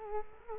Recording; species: mosquito wingbeat signal from an infrared sensor; Culex quinquefasciatus